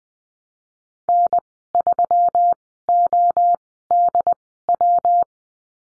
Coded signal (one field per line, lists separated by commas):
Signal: Morse code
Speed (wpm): 20 wpm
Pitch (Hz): 700 Hz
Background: none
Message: N3ODW